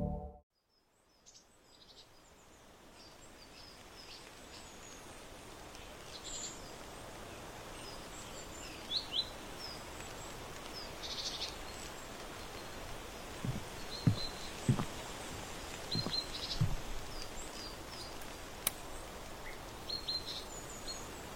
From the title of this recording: on the porch in autumn